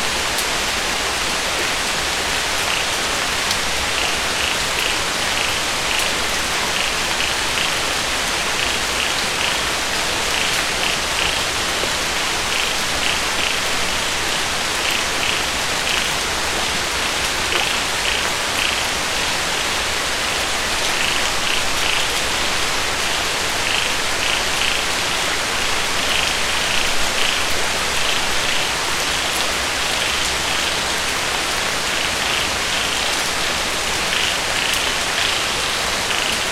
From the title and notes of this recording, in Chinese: 深夜林中细雨 大自然的声音。声音都是我亲自去田野里录的。